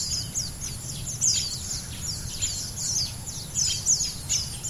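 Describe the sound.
Lowland white-eye chatter: overlapping thin, high-pitched chips and short downslurred notes without pause, set against a constant low rumbling noise.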